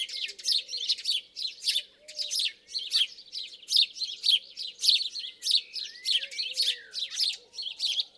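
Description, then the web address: House sparrow chirps pour out in a rapid, slightly uneven series, with a few lower whistled notes beneath. "SETE data Passer domesticus"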